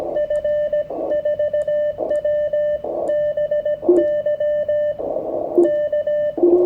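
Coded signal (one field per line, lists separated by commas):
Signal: Morse code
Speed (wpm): 17 wpm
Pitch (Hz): 1800 Hz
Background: radio noise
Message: F4WBY K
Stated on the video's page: Elecraft K1 on 30m with a Chameleon Hybrid-Micro and whip (MPAS system) clamped to a terrace rail.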